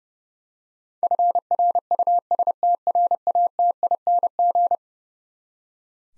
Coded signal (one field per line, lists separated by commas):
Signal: Morse code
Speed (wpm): 30 wpm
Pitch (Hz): 700 Hz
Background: none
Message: FRUSTRATING